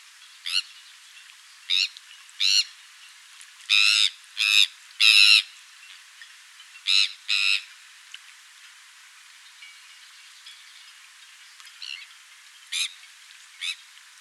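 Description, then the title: Sandwich tern giving harsh, grating calls at irregular intervals, a run of loud calls through the first half, then a long pause and a few later calls. "Sylvain Jaskowiak - Mes piafs. Sternes Caugek"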